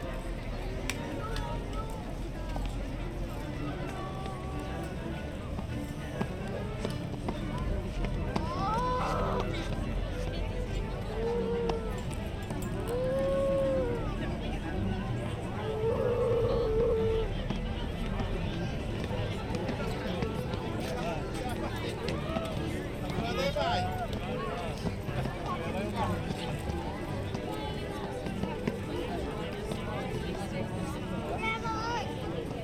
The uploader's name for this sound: The Main Street Electrical Parade (Disneyland) Binaural Recording